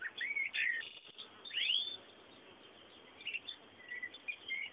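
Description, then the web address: Birds twittering with short rising and falling chirps at the start and middle, then softer scattered notes trailing off. Bird sounds presented as background ambience. "bullas Bullasdata sounds fondo pajaros"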